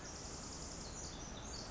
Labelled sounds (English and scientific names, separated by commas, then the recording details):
Pacific Wren (Troglodytes pacificus)
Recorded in Sonoma County, California